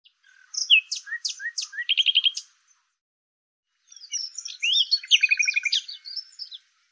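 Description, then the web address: Bird song in two phrases: sharp whistled notes and a short rapid trill, then after a pause a busy jumbled twittering run with a brief trill. "Deverinetal 2025"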